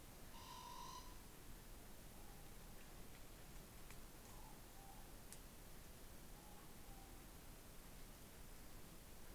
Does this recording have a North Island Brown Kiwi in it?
no